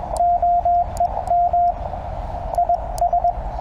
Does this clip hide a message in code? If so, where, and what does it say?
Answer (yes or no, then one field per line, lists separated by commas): yes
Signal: Morse code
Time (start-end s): 0.2-3.3 s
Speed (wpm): 21 wpm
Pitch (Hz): 700 Hz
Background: radio noise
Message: OEM IS